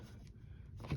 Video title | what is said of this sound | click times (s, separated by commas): GE dishwasher not draining | clicks right into place and now it's on the other side of this black piece so it won't turn anymore | 0.9 s